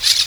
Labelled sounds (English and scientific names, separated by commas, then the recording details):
Brown-throated Parakeet (Eupsittula pertinax) contact call
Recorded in Venezuela
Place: Guárico; Corozopando; Fundo La Fe
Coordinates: 8.506, -67.593